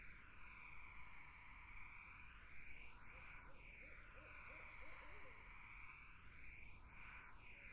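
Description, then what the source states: Barred owl gives a soft run of short, bouncing hoots in the middle of the stretch, partly buried in a steady, swooshing hiss. Barred owls in a summer wetland.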